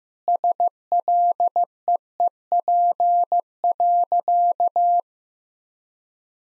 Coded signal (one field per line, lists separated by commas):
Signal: Morse code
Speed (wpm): 15 wpm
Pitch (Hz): 700 Hz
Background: none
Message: SLEEP.